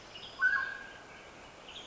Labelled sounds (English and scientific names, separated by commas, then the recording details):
Western Tanager (Piranga ludoviciana)
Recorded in Sonoma County, California